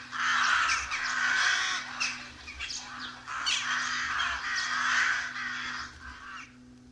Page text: Голоса весны (1970) - A1. Колония грачей